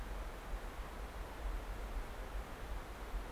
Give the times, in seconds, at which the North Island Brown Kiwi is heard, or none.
none